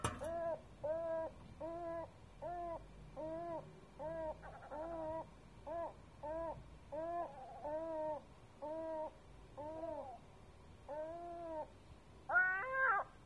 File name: Seagull on the roof 3 am Sète